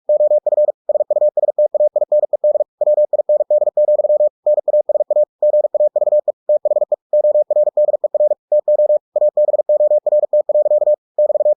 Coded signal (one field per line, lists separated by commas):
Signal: Morse code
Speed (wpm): 46 wpm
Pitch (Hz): 600 Hz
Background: none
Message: OF SUSTAINED WIND, NASA GAVE THE ORDER TO ABORT. <BT>